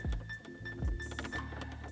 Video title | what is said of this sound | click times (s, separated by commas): Quick & Easy Toyota Tacoma Installs Under $100 | You'll hear it click, but look at that. | 1.2 s